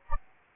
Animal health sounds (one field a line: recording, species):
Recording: mosquito wingbeat signal from an infrared sensor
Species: Anopheles arabiensis